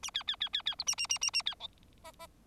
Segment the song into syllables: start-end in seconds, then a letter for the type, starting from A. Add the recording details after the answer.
0.03-0.10 A, 0.14-0.23 B, 0.27-0.36 B, 0.40-0.49 B, 0.53-0.62 B, 0.65-0.75 B, 0.78-0.84 C, 0.86-0.95 A, 0.97-1.07 A, 1.09-1.18 A, 1.21-1.31 A, 1.33-1.42 A, 1.46-1.55 B, 1.60-1.68 D. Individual Bird4